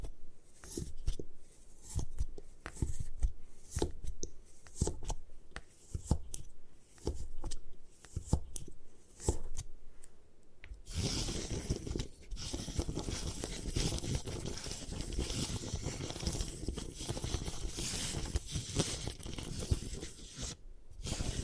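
Gym chalk being destroyed: for the first eleven seconds, sharp separate crunches and snaps land irregularly, a few per second, over a quiet background. Then the sound turns into a dense, steady grinding and crumbling that continues without breaks to the end, with one last sharp crack near the finish.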